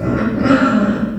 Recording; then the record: squeal of a Yucatan mini pig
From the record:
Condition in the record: after surgery on the right vocal fold (resection and tissue-engineered implant); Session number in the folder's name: 7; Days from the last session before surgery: 47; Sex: female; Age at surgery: 19 weeks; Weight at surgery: 25 kg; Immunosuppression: prednisolone